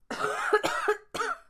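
Three rough coughs in about a second and a half, each carrying a whistling, musical tone through the burst. A wheezy cough, with tight-airway whistling mixed into the cough sound.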